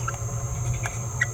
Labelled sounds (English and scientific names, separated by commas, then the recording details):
Green-rumped Parrotlet (Forpus passerinus) babbling
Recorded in a nest box in Venezuela
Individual 18B17A3